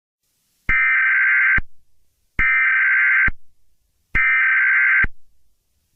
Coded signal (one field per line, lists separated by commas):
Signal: Emergency Alert System (SAME) tones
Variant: header bursts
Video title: EAS Scenario #2: Hot To Go!